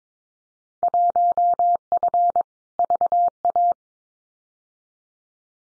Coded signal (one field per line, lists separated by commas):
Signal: Morse code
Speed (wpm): 22 wpm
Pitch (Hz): 700 Hz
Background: none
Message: 1F VA